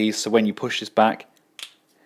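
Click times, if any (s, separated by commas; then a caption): 1.6 s. Someone talks as a plastic panel on the GCreation Shuraking SRK-04 Blade transforming figure (Transformers Dinobot Swoop) is pushed back into the body. A small, sharp click at 1.6 s marks the part tabbing into place, seated.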